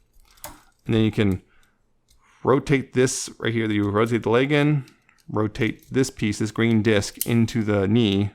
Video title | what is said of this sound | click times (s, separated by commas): Nemesis Transforms Masterpiece MP-50 Tigatron | can be a little frightening the first few times you do it but you slide that out to hear it click | 0.4 s